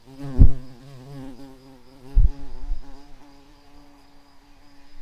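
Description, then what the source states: Garden bumblebee buzzing, a low steady drone with a slightly wavering pitch, interrupted by two loud thumps in the first half. Workers.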